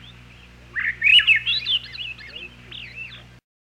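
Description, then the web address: Swainson's thrush song, a single phrase of flute-like, tumbling notes lasting about two and a half seconds, ending abruptly; a faint steady hum runs beneath. "101 Bird Songs. Swainson's Thrush"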